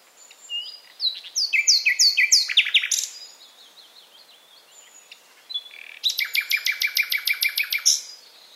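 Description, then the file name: Common nightingale singing varied phrases of chirps and whistles, a quiet gap, then a fast, loud, evenly repeated note series lasting about two seconds. "Luscinia megarhynchos"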